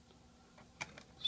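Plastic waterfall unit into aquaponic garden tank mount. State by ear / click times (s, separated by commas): seated / 1.3 s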